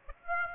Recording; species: mosquito wingbeat signal from an infrared sensor; Aedes aegypti